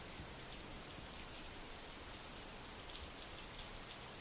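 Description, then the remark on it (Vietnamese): Steady rain pours down in a dense, even hiss of drops, holding at the same level from start to finish with no voices. “Chỉ vài giây sau, cơn mưa rất nhanh đã tạnh.”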